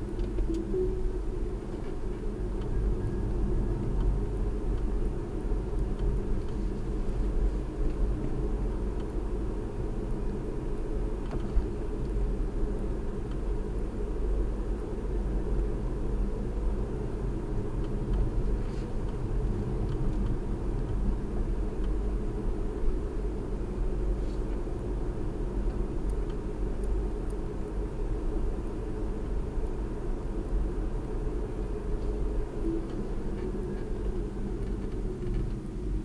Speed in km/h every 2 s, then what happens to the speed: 39, 42, 44, 45, 48, 45, 45, 47, 47, 45, 47, 47, 45, 45, 45, 47, 45, 35.
0-7 speeds up to 48. 7-31 steady at about 45. 31-36 slows to 35.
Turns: none.